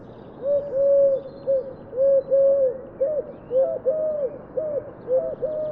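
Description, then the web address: Bird calls: a series of clear, low tonal notes, some slightly arched, repeated in short bursts over a steady background hiss. "Deverinetal 2025 File origin Bird Only"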